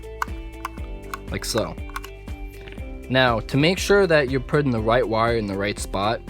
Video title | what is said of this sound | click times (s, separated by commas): How to fix a loose wire off your magic Bluetooth controller | the way open so you can a clockwise turn the screw on this end all the way until you hear the click sound like | 0.2 s, 0.7 s, 1.1 s